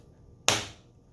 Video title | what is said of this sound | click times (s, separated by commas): $700 Streaming PC Build - Custom PC Build For a Subscriber | after you hear that click the gpu is firmly in place and you can now screw it into the case now | 0.5 s